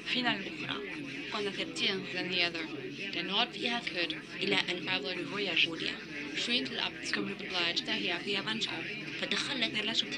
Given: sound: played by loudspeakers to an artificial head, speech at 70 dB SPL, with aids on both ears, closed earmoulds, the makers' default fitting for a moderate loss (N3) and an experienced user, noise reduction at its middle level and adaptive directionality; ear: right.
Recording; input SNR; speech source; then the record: speech test signal (ISTS) in cocktail-party noise; 0 dB; in front (0 degrees)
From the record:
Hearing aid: class 2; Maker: D